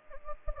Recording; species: mosquito wingbeat signal from an infrared sensor; Anopheles gambiae